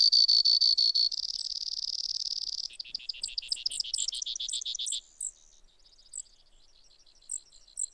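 Brewer's sparrow singing a chain of buzzy trills that shift in pitch and speed, ending with scattered high, thin notes.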